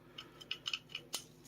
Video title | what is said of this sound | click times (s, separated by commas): Disassembly and Reassembly of Sig Sauer P365 | and go until it clicks and the base pad's full | 0.5 s